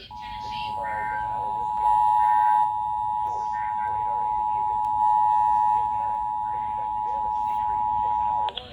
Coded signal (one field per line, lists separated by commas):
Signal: Emergency Alert System (SAME) tones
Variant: 853 and 960 Hz attention tone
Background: speech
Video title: EAS/NWR Alert or message #1296: Tornado Warning #6 for 2023